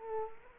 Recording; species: mosquito wingbeat signal from an infrared sensor; Culex quinquefasciatus